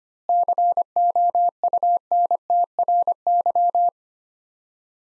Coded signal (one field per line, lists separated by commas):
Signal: Morse code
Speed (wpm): 25 wpm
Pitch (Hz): 700 Hz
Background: none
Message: COUNTRY